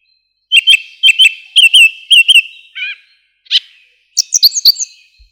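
Song thrush singing a bright whistled phrase several times in a row, then a lower wavering note, a sharp burst, and a run of high squeaky notes.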